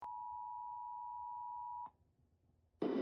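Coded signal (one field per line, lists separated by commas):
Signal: Emergency Alert System (SAME) tones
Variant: 853 and 960 Hz attention tone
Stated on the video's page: Mock EAS flash flood alert for Illinois, built with valid EAS tones.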